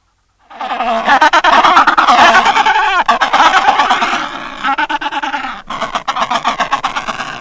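Adelie penguin braying loudly in a long, harsh, rapidly pulsed series that rises and falls, ending in separate stuttering throbs.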